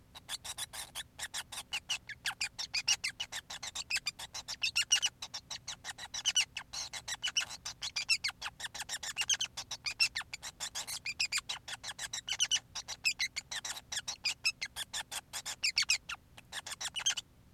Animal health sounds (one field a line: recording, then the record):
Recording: song of a male Bengalese finch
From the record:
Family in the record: son of father 5